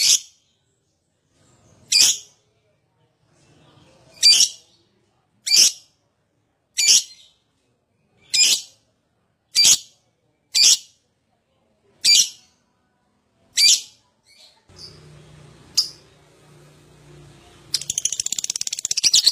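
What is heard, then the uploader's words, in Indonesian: An adult lovebird gives loud, piercing single shrieks, about a dozen of them, spaced one to two seconds apart, sharp and bright against near silence. Near the end a low steady hum comes in, then a dense burst of harsh, rapid chattering takes over. LOVEBIRD GACOR OWOR OWOR. Lovebird Dewasa.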